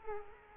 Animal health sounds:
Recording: mosquito wingbeat signal from an infrared sensor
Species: Culex quinquefasciatus

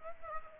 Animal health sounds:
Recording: mosquito wingbeat signal from an infrared sensor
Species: Aedes aegypti

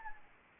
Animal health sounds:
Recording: mosquito wingbeat signal from an infrared sensor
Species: Anopheles gambiae

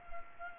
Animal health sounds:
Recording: mosquito wingbeat signal from an infrared sensor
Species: Culex pipiens

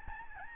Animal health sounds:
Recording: mosquito wingbeat signal from an infrared sensor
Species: Aedes albopictus

